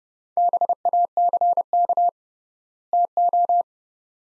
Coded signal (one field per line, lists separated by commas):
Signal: Morse code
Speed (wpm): 30 wpm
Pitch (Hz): 700 Hz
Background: none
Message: BACK TO